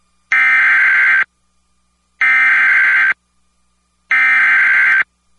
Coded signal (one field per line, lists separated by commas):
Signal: Emergency Alert System (SAME) tones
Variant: header bursts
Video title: Trouble On Both Sides | EAS Alerts from 7/10/2022 (EAS #1292-1308)